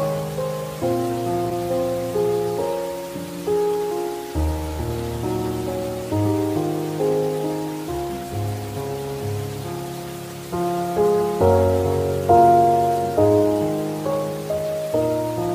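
Gentle piano music plays slow, sustained chords that shift every second or so over a low bass, with a soft hiss of rain underneath.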